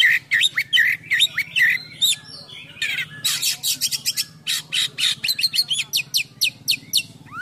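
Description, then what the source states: Oriental magpie-robin singing a busy, varied song: whistled slurred notes, then rapid harsh chattering bursts and sweet chips packed closely together, with a low hum beneath. Bird in full song condition (gacor), with song packed with imitations of other birds (full isian).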